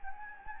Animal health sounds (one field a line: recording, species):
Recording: mosquito wingbeat signal from an infrared sensor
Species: Anopheles gambiae